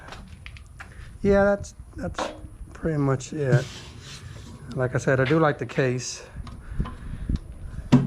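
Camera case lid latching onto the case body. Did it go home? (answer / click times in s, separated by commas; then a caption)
yes / 7.9 s. A camera case lid is closed onto the case body while someone talks, and it locks into place with a sharp click at 7.9 s. A few faint taps and handling sounds come earlier in the clip.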